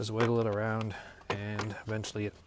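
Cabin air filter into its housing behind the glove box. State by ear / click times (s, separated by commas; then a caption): not seated / none. A cabin air filter is being wiggled down into its housing behind the glove box while someone talks. Nothing has seated or clicked yet; the clip ends before the filter pops into place.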